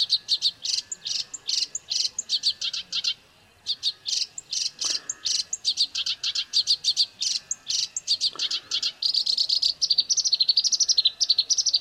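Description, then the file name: Black-browed reed warbler delivering a long stream of rapid, high chattering notes and thin whistles, ending in a denser buzzy trill. Song used to train birds (masteran). "suara kerakbasi alis hitam masteran"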